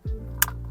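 A second plastic fuel line quick connector is pushed onto the new diesel fuel filter of a Renault Clio 3 1.5 dCi. After a low rumble at the start, one sharp, bright click sounds at 0.4 s, followed by a few faint ticks. The connector is seated and confirmed clicked in.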